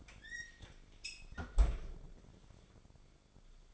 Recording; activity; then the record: daily activity, microphone in the room; close fridge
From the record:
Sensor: 5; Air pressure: 1004.7 hPa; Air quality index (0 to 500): 157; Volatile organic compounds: 3 ppm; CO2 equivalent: 1481 ppm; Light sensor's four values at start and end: 21/49/19/18 and 20/46/18/16